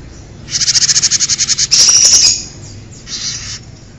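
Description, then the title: Bird song: a long rapid high trill running into a buzzy, slurred phrase, then a softer short burst after a pause. "kikicau"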